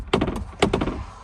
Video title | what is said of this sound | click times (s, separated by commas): Must change this filter in your 2018-2022 accord | pull it towards you until you hear this click and then you're good there | 0.1 s, 0.6 s